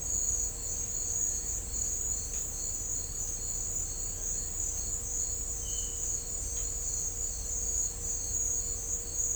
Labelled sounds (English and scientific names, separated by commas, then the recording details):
none
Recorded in dense forest near Puerto Asís, Putumayo, Colombia, on 21 December 2024 at 10:00
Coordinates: 0.500, -76.322
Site G053